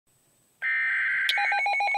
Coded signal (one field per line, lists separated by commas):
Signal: Emergency Alert System (SAME) tones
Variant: header bursts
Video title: Double Header! 2 Flood Warnings (EAS #37, 38)-NOAA